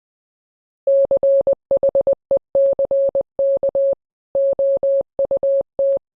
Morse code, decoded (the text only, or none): CHECK OUT